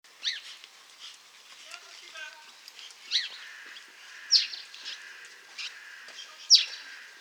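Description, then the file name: House sparrow calls: short, sharp chirps scattered irregularly over seven seconds, with fainter twittering notes between them. "Passer domesticus"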